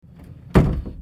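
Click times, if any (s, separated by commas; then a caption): none. A sagging wooden bedroom door, hanging too low so its latch bolt does not line up with the strike plate in the frame, is pushed shut. It thunks against the frame at about 0.6 s, followed by a short fading rumble. The latch has not caught or clicked into the strike plate, and the door stays unlatched.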